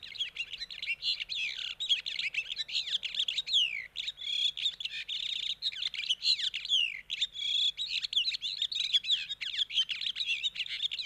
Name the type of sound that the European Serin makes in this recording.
song